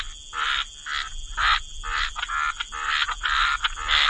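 Frog chorus with repeated croaking bursts, roughly two per second, uneven in rhythm, over a continuous high hiss.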